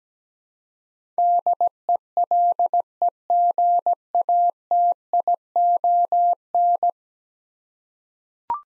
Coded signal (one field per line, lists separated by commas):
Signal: Morse code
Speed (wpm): 17 wpm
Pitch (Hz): 700 Hz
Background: none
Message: DELEGATION